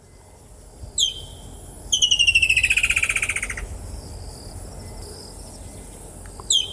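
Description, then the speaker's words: Woodland kingfisher call: a sharp high note, then a rapid trill of many piercing notes falling steadily in pitch, and another sharp note at the end. Distinctive sound in southern Africa. "The most well-known is the call of the woodland kingfisher. It is a distinctive sound in southern Africa. Let's listen to its call briefly."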